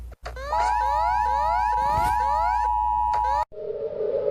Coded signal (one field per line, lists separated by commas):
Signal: Emergency Alert System (SAME) tones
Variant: 853 and 960 Hz attention tone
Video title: Rating eas alerts again